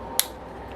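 A cover screw on the crankcase of a never-opened OS FS 70 Surpass model glow engine, being disassembled for bearing replacement, cracks loose as it is turned. It breaks free with one sharp, bright snap at 0.2 s over a faint low hum, and the screw is released.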